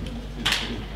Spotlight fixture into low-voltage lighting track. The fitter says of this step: man bara klickar i